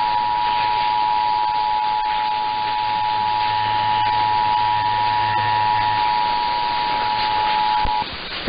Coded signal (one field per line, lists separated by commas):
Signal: Emergency Alert System (SAME) tones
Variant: 853 and 960 Hz attention tone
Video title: Last Minnesota RMT of 2022 (EAS #9217) 12/7/22